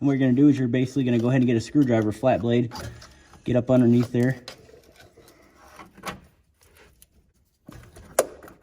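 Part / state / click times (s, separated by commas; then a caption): cold side intake tube connector retaining tab / released / 8.2 s. On an L5P Duramax, a flat-blade screwdriver is slid under the center retaining tab of the cold side intake tube connector, in the passenger side inner fender, to pop the tab back. Someone talks for the first few seconds, then quiet handling noises follow. A sharp click at 8.2 s marks the tab releasing.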